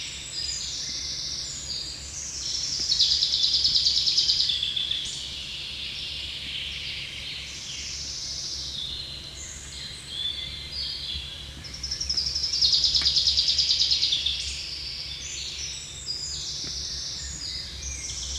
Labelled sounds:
Common Chaffinch (Fringilla coelebs) song

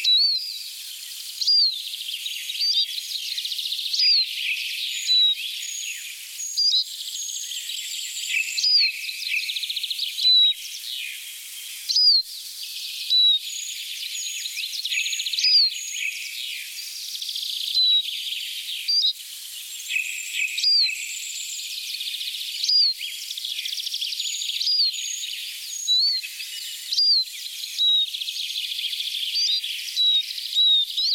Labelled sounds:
Eurasian Siskin (Spinus spinus) song

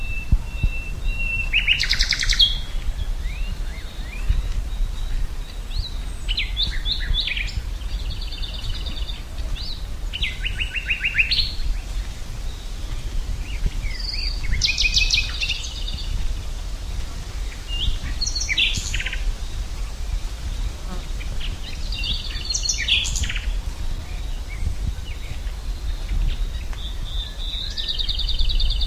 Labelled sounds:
Common Nightingale (Luscinia megarhynchos) song

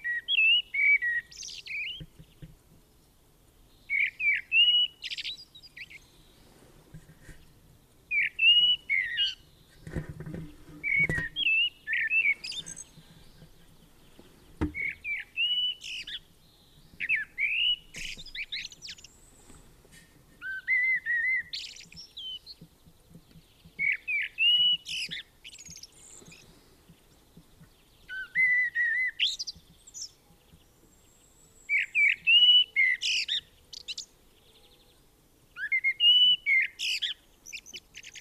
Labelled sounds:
Common Blackbird (Turdus merula) song

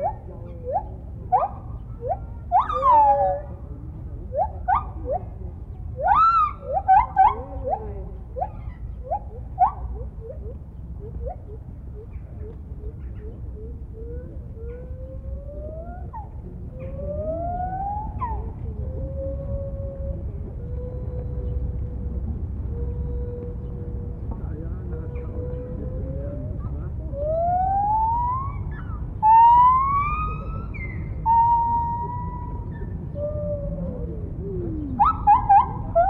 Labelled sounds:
Lar Gibbon (Hylobates lar)

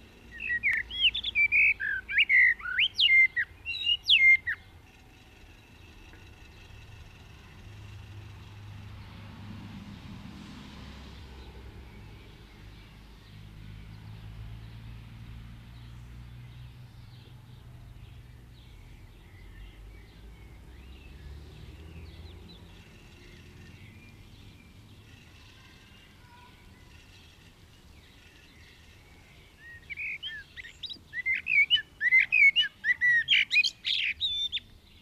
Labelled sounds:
Common Blackbird (Turdus merula) song

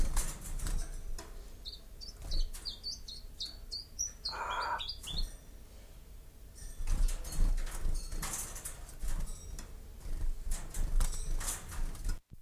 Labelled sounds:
Common Chiffchaff (Phylloscopus collybita) song

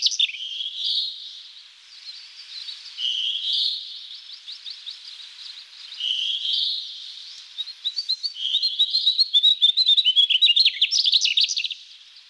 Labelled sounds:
Mugimaki Flycatcher (Ficedula mugimaki) song

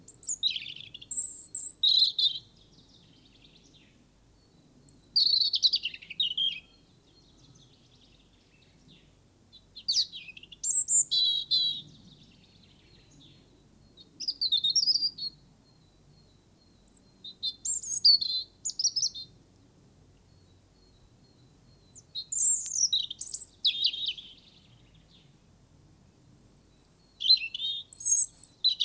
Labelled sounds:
European Robin (Erithacus rubecula) song

